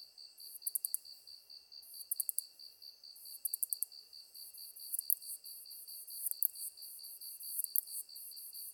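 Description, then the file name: Katydid song opening with quick bursts of several ticks, then continuous high hiss with single clicks, while another insect pulses steadily below. Recorded 23 August 2010 at 21:33. "ezotuyumusi 20100823-2133"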